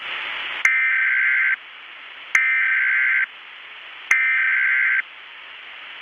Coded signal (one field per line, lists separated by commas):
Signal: Emergency Alert System (SAME) tones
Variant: header bursts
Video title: Eas